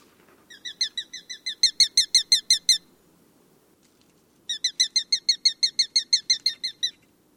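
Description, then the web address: Sharp-shinned hawk giving rapid, high, sharp kek notes in two fast series of many notes each, separated by a short pause, over a faint low hum. "Thumbs Plus Zoo Field Guide"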